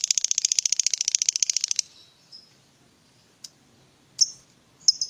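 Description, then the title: Lovebird chatter: a fast, high buzzy trill for under two seconds, then quiet with a few isolated sharp chirps. Lovebird whose style makes it look very clever at memancing, luring or provoking other birds into calling. "Dari Gayanya Lovebird Ini Terlihat Pintar Sekali Memancing"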